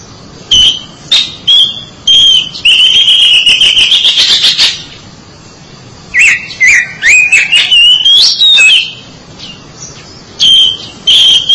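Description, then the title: Oriental magpie-robin song of short whistles, a loud rattling trill, then varied swooping whistled phrases separated by brief silences. "Suara Kicauan Burung Kacer"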